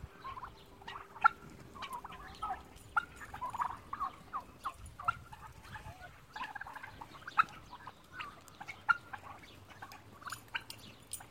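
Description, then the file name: Domestic turkeys yelping and clucking in a flock, short sharp notes scattered throughout, with a low hum at the start. "Puten"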